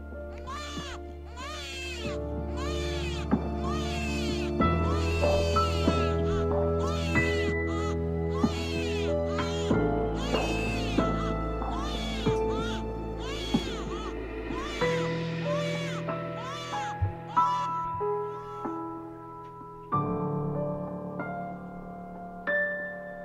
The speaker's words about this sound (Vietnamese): trong tiếng khóc như xé vải của hai đứa bé sơ sinh đang đói sữa.